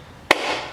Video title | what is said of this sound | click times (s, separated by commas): BMW E39 M5 Oil Level Sensor & Oil Change DIY | and it'll snap right in there like that that's how it's supposed to be | 0.3 s